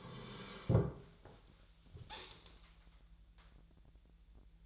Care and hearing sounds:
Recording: daily activity, microphone in the room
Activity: sit down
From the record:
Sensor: 3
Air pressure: 1001.9 hPa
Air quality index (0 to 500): 250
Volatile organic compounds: 135 ppm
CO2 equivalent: 3953 ppm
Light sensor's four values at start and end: 11/25/11/11 and 9/21/9/9

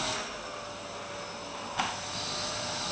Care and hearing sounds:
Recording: daily activity, microphone in the room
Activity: vacuum cleaning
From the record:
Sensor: 2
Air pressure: 1001.8 hPa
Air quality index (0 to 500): 248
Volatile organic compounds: 39 ppm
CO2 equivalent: 3130 ppm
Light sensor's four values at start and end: 8/27/10/10 and 8/27/10/10

